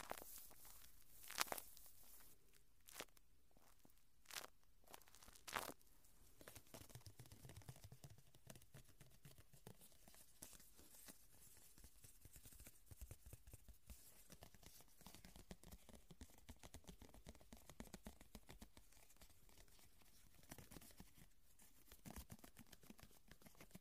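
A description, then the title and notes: Ear cleaning: dense, irregular crackling and rustling, like something rubbing and crinkling right against the ear. A few sharp louder pops come in the first six seconds, then a steady stream of quick small crackles runs to the end with a low rumble underneath. Naturally Cleaning Your Ears.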